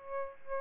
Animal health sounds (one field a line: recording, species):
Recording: mosquito wingbeat signal from an infrared sensor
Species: Aedes albopictus